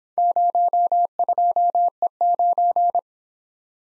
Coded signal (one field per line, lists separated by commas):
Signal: Morse code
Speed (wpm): 26 wpm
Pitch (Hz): 700 Hz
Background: none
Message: 02E9